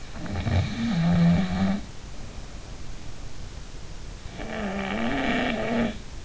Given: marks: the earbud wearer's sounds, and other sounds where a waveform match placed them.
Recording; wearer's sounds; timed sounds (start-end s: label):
sounds in sleep by an in-ear microphone; snoring breath
0.13-2.99 s: snoring breath
4.30-6.05 s: snoring breath